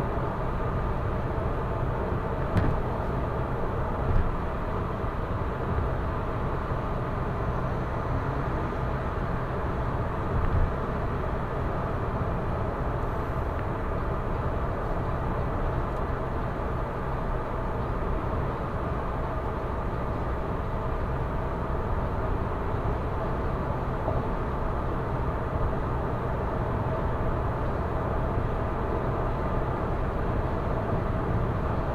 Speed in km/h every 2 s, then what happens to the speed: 116, 115, 116, 116, 116, 116, 116, 116, 116, 115, 115, 115, 115, 115, 115, 115.
0-32 steady at about 115.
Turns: none.